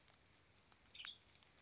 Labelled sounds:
Western Tanager
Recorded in Sonoma County, California

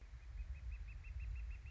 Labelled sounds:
Northern Flicker
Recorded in Sonoma County, California

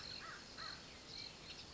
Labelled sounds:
American Crow
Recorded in Sonoma County, California

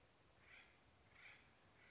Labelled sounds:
Acorn Woodpecker
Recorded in Sonoma County, California

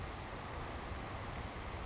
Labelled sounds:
Savannah Sparrow
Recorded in Sonoma County, California

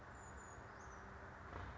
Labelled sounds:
Brown Creeper
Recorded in Sonoma County, California

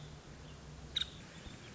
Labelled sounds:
Nuttall's Woodpecker
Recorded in Sonoma County, California

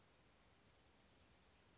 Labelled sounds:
Chestnut-backed Chickadee
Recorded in Sonoma County, California

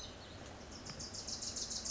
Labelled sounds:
Wilson's Warbler
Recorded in Sonoma County, California

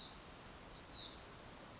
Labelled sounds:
Hutton's Vireo
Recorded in Sonoma County, California

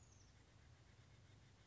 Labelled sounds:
Oak Titmouse
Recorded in Sonoma County, California

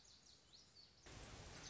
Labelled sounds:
Lazuli Bunting
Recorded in Sonoma County, California

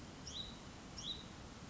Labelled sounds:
Hutton's Vireo
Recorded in Sonoma County, California

